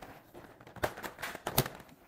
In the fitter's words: Pag narinig nyo nung tumunog, yun po yan, mga idol. Nag-lock na po yan.